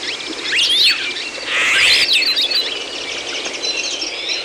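Birds singing together, loud sweeping whistles and slurred notes over a steady wash of fainter high chirping.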